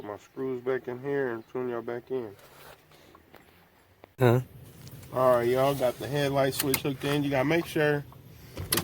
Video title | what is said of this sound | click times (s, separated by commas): 1998 dodge ram headlight switch | in all the way it's where you hear a little click cuz if not you | 8.7 s